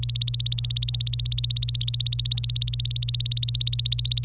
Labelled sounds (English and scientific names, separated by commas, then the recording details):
Domestic Canary (Serinus canaria) song
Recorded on 26 April 2018 at 09:37
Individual llb3